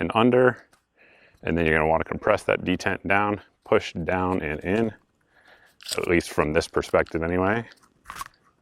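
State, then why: Seated. Someone talks while a backstrap grip insert is pushed up and under onto the aluminum frame of a Smith & Wesson CSX Compact pistol, with its detent compressed down and in. Sharp clicks at 8.1 s and 8.3 s mark the detent snapping back into its hole, seating the insert.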